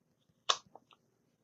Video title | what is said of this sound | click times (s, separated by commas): Conceal Carry, Holsters, Carry Positions, and Situational Awareness Questions and Answers | All right. So, it locks in. | 0.5 s